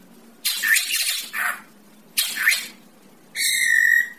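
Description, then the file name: Greater racket-tailed drongo calls with a few harsh scratchy bursts followed by a steady nasal harmonic note. "tieng cheo beo duoi co hot"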